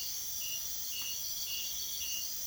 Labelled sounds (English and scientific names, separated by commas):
none